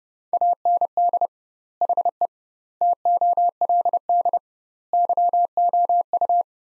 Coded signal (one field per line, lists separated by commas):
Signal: Morse code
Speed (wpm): 30 wpm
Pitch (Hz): 700 Hz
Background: none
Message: AND HE TOLD YOU